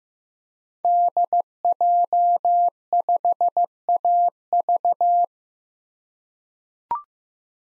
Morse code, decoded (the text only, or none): DJ5AV